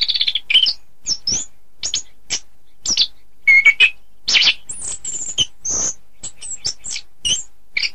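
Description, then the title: Thrush song of scattered high squeaks, thin whistles and harsh rasping notes, delivered in brief bursts separated by short silences. "Suara Burung Anis"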